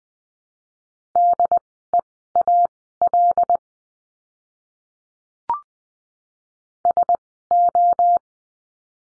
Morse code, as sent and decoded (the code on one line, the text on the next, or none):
-.. . .- .-.. / ... ---
DEAL SO